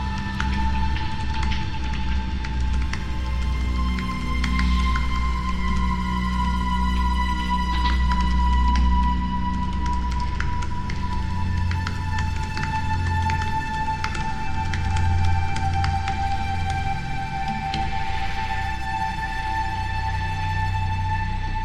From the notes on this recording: typing in our corona covid virus quarantine home office, plus some improvised music